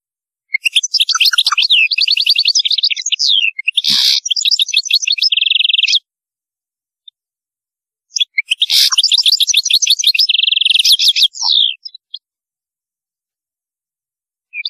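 European goldfinch delivering two long twittering phrases of rapid trills and liquid notes, each ending in a buzzy rattle, with a quiet gap between.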